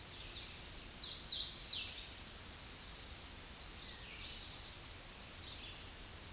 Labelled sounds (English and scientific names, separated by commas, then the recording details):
Hooded Warbler (Setophaga citrina) song
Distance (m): 20 m
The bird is about 10 m above the microphone
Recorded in a Pennsylvania forest on 16 May 2024 at 07:58
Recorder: AudioMoth, point MSD-0398
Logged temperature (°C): 16.4 °C
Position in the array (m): 142 m, 101 m